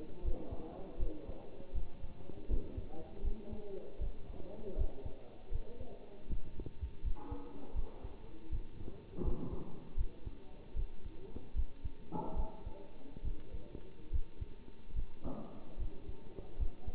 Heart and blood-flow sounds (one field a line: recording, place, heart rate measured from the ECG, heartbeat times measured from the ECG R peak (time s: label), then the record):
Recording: heart sounds by stethoscope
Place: between the tricuspid and mitral areas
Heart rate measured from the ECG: 77 bpm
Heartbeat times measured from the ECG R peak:
0.24 s: heartbeat
0.99 s: heartbeat
1.74 s: heartbeat
2.49 s: heartbeat
3.23 s: heartbeat
4.00 s: heartbeat
4.77 s: heartbeat
5.51 s: heartbeat
6.29 s: heartbeat
7.03 s: heartbeat
7.75 s: heartbeat
8.51 s: heartbeat
9.24 s: heartbeat
9.97 s: heartbeat
10.75 s: heartbeat
11.55 s: heartbeat
12.36 s: heartbeat
13.23 s: heartbeat
14.12 s: heartbeat
14.95 s: heartbeat
15.78 s: heartbeat
16.59 s: heartbeat
From the record:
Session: bicycle stress test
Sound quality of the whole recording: good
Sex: male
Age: 27 years